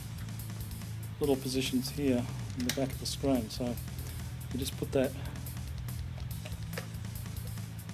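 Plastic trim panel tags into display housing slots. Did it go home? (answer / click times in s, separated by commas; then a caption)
no / none. The small tags of a plastic trim panel are lined up and slotted into their positions in the back of the flip-up COMAND display screen from a Mercedes W204 C-Class, with background music playing while someone talks. A few faint handling taps follow, but the panel has not been pushed down and nothing has snapped into place yet.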